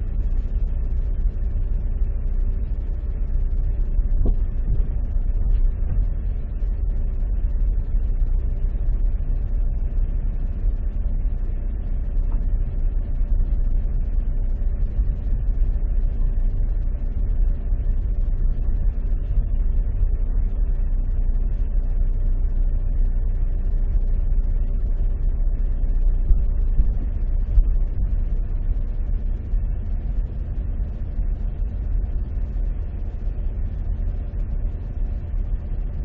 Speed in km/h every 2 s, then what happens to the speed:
8, 7, 7, 8, 8, 8, 8, 8, 8, 8, 7, 8, 8, 8, 8, 8, 8, 8.
0-36 steady at about 8.